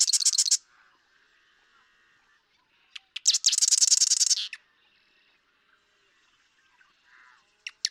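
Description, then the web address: Marsh Wren song, loud rapid mechanical rattles given twice, the second introduced by a couple of short clicks, with quiet pauses between. "birdsongforthecurious Marsh Wren"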